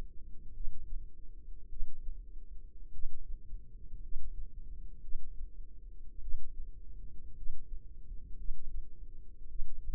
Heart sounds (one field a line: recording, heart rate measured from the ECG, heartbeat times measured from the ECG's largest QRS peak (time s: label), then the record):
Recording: heart sounds by microphone in the left ear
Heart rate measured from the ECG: 54 bpm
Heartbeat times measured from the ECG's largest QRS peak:
0.52 s: heartbeat
1.68 s: heartbeat
2.90 s: heartbeat
4.00 s: heartbeat
5.00 s: heartbeat
6.19 s: heartbeat
7.34 s: heartbeat
8.36 s: heartbeat
9.47 s: heartbeat
From the record:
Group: healthy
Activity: rest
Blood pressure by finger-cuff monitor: 97/63 mmHg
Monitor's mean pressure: 73 mmHg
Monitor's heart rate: 53 bpm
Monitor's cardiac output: 4.2 L/min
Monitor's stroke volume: 79 mL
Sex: female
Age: 36 years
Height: 163 cm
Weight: 88 kg